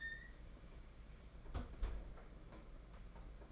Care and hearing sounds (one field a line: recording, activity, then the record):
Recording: daily activity, microphone in the room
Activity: close fridge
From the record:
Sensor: 5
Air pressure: 992.0 hPa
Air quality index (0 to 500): 200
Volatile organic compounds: 1000 ppm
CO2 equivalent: 5753 ppm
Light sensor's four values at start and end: 29/98/37/39 and 29/99/37/39